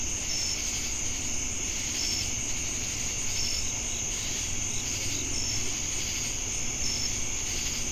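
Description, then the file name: Cricket chorus: continuous shrill trill with brief tonal chirps repeating every one to two seconds, a throbbing insect buzz underneath and faint low rumble. Crickets heard together with cicadas in Jamestown, North Carolina, USA, on 10 August 2018. "Crickets And Sacadas Jamestown NC August-10-2018"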